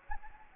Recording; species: mosquito wingbeat signal from an infrared sensor; Anopheles gambiae